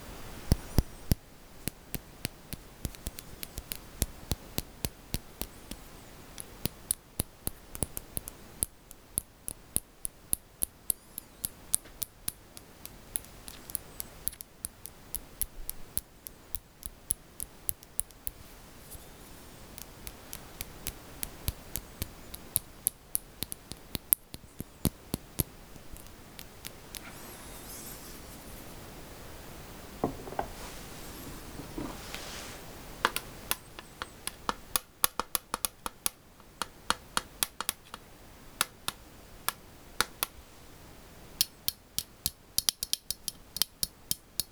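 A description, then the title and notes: Sharp, bright clicks and taps from paper clip nails come in quick, irregular bursts, at times dense and fast, at times sparse. Around thirty seconds a softer rustling stretch takes over before the clicking resumes. The sound is dry. クリップの音と指のタッピング. Tapping with Paper Clip Nails.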